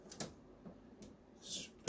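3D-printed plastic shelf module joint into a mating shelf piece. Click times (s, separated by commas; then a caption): 0.2 s, 1.9 s. A 3D-printed plastic shelf module joint for a modular organizer shelf, made for dumbbell, barbell and cable machine bars and printed on a Creality K1 Max, is pressed into a mating shelf piece. Sharp snaps are heard at 0.2 s and 1.88 s, with smaller plastic ticks and rubbing in between. The pieces snap together and seat.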